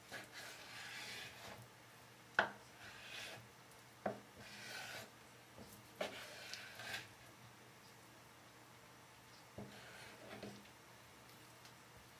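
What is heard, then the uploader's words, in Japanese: Food being prepped ahead for lunch boxes, heard as short bursts of scraping and rubbing strokes with quiet gaps between. Sharp knocks land around 2, 4, 6 and 10 seconds. A steady low hum runs underneath the whole time. 環境音 弁当用につくりおき。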